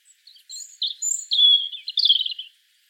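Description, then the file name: European robin delivering one high-pitched warbled phrase: soft opening notes, then a sweet sustained whistle falling into a rippling trill. "Erithacus rubecula"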